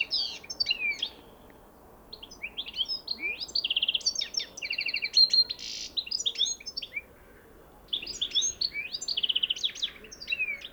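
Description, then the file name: European goldfinch twittering song, a rapid jumble of liquid chirps, buzzy rattles and clear notes running in long phrases with short gaps. "Carduelis carduelis"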